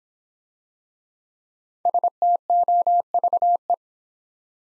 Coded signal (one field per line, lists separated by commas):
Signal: Morse code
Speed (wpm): 26 wpm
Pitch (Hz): 700 Hz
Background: none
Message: STOVE